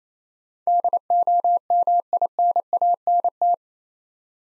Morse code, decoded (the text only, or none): DOMINANT